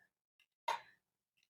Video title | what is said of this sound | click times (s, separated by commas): IKARE double Hammock unboxing and assembly | it just snaps into place just like that | 0.7 s